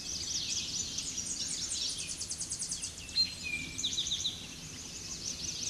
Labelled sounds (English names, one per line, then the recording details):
Eastern Towhee song
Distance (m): 5 m
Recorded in a Pennsylvania forest on 16 May 2024 at 07:50
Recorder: AudioMoth, point MSD-0508
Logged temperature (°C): 15.5 °C
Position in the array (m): 96 m, 157 m